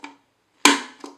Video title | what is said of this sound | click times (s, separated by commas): Loading a Paterson Reel 35mm | you go hear that click or that snap and | 0.7 s